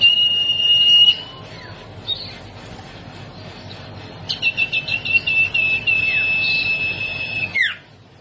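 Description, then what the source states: Sirtu song: a held high whistle, a short buzzy phrase, then a long series of rapid high chirps flowing into a steady whistle that ends with a falling slur. Masteran training song for cage birds, with the full variety of sirtu song variations.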